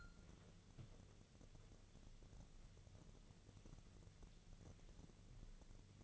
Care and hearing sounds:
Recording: daily activity, microphone in the room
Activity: wipe stove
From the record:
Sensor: 4

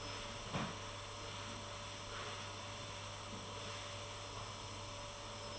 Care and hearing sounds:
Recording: daily activity, microphone in the room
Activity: vacuum cleaning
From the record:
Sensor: 4

